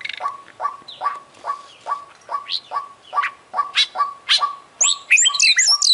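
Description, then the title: Oriental magpie-robin singing a steady string of short repeated notes, ending with looping high whistled phrases. Champion bird singing prolifically ('gacor'); part of a selected compilation of tutoring bird songs ('masteran'). "Kacer Juara Gacor"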